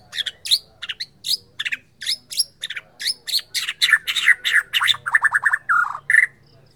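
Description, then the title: White-rumped shama song: fast series of sharp, bright chirps and buzzy notes, running into dense trills and ending with clear whistles. Borneo form. "MURAI BORNEO MAS KIKI"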